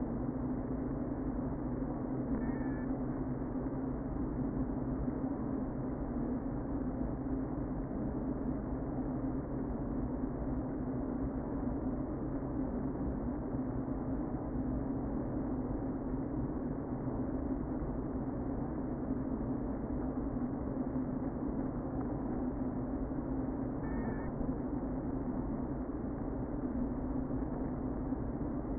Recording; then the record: honeybee colony, microphone inside the hive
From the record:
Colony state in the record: queen present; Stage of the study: before two queens were removed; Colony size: about 60,000 bees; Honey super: yes